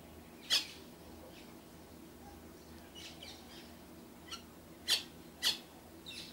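Myna uttering short, scratchy squawks scattered throughout, the loudest near the start and around five seconds, with faint background noise.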